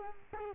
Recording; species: mosquito wingbeat signal from an infrared sensor; Culex quinquefasciatus